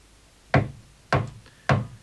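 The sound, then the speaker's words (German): Three firm knocks on a wooden door, evenly spaced about half a second apart, each a sharp hollow thud that decays quickly. No voices. “Ronja ging hinaus, klopfte an.”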